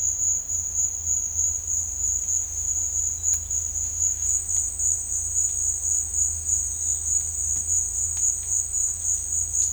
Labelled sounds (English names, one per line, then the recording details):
none
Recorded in dense forest near Puerto Asís, Putumayo, Colombia, on 18 December 2024 at 11:30
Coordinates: 0.481, -76.323
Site G100